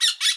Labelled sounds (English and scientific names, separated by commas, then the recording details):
Brown-throated Parakeet (Eupsittula pertinax) contact call
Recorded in Bonaire
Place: just S of turnoff to Cai, near Lac Bay
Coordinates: 12.126, -68.239